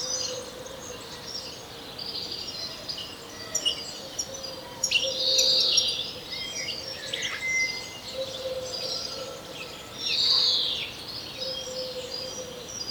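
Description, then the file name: European greenfinch calls: two buzzy, wheezing notes about five seconds apart, over scattered chirps and twitters of other birds and a steady background hum. "Chloris chloris"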